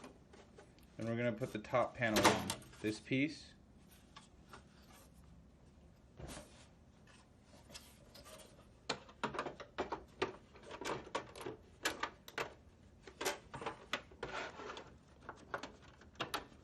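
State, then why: Not seated. Someone talks while the plastic top cover panel of an Xbox One is fitted back onto the console chassis during reassembly after a repair for overheating from a fall or impact, with a broken frame and fan replacement. After the talking, sharp plastic knocks and taps from handling the panel come at about 8.9, 10.2, 11.9, 12.0 and 13.9 seconds. Nothing has seated or clicked into place yet.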